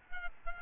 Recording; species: mosquito wingbeat signal from an infrared sensor; Aedes albopictus